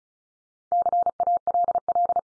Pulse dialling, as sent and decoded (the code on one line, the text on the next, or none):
none